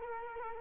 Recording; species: mosquito wingbeat signal from an infrared sensor; Culex quinquefasciatus